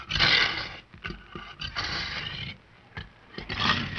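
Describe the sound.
Tiger growling in rough, raspy bursts, several pulses of grating sound separated by short pauses.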